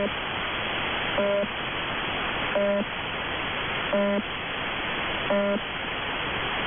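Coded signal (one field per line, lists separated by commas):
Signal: channel marker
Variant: UVB-76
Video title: 4625 kHz, Russian 'Buzzer', UVB-76, has new sound. It sounds cheap.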